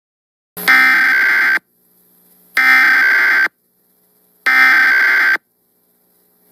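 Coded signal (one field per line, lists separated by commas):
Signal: Emergency Alert System (SAME) tones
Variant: header bursts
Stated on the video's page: Recreated EAS flash flood warning for St. Louis as it could have looked on TV.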